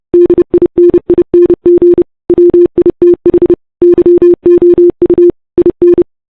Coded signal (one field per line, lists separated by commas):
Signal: Morse code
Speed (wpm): 29 wpm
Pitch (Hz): 350 Hz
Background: none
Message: DINING WITH YOU IN